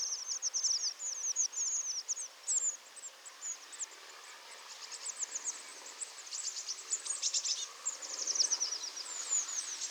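Eurasian blue tit calls, a busy stream of high thin chirps and downslurred notes in bursts, with a quieter stretch midway before the twittering picks up again.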